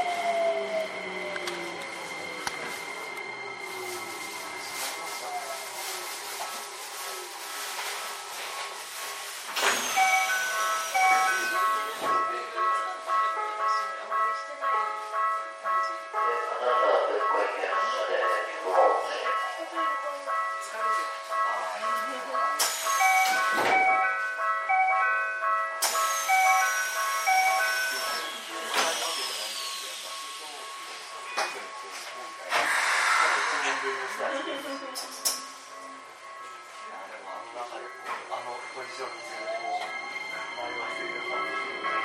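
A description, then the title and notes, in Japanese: A Keikyu New 1000 series train runs with a steady hum, rising motor whine, a repeating chime, and bursts of voices and rattles. 京急新1000形1800番台 新逗子〜金沢文庫。逗子線で録音。1367編成では東芝製SEA-548 永久磁石同期電動機（PMSM）と4台の主電動機を1台で制御するSVF102-G0主制御装置が採用。主電動機出力は190kWとされた。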